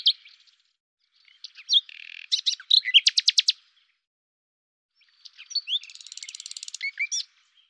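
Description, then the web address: Common nightingale song with buzzy notes building into a fast, loud rattling trill, a pause, then a softer rapid trill ending in chirps. "cianscape birddata Deverinetal 2025 Bird Lu Me"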